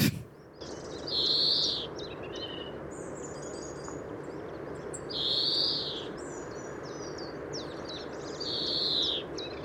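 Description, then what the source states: European greenfinch calls, three short buzzy bursts high in pitch roughly every four seconds, with other small bird notes and a steady broad background hiss. Recorded at Cap Fréhel, Brittany, France; formerly threatened species now recovering somewhat; its 'trit' call is characteristic; common chiffchaff also calling in background.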